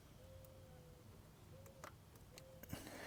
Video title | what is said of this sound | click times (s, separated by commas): DOD Delete GM 5.3 L83/6.2 L86 - Replacing Cam & Lifters (part3) | here we go got a nice click | 1.8 s